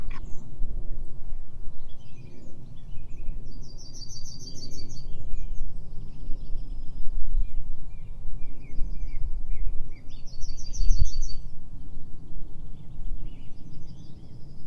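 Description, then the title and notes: Yellowhammer singing a fast series of repeated high notes twice, around six seconds apart, among scattered chirps from other birds over constant low background noise. Farmland bird. "YELLOWHAMMER SONG. This Yellowhammer (Emberiza citrinella) is a beautiful farmland bird"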